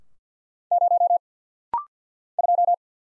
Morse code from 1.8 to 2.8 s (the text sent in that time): 2